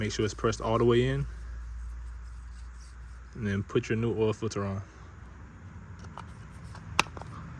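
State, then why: Seated. Someone talks while a new cartridge oil filter element is pushed onto the plastic oil filter housing cap during an oil change on a 2025 Hyundai Sonata Hybrid 2.0L. Over a steady low hum, a few faint ticks come first. At 7.0 s there is one loud, sharp snap as the element seats in the cap.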